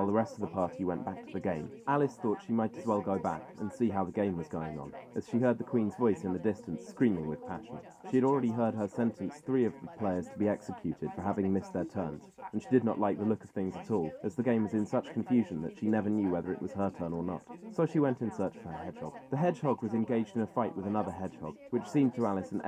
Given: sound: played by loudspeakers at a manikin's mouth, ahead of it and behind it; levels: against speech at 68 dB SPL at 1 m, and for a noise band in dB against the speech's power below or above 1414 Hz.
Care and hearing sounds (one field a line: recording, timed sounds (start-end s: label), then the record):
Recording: test signals for a remote microphone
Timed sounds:
0.00-22.68 s: man speaking, babble ahead at +6 dB SNR for speech at 1 m
From the record:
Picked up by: measurement microphone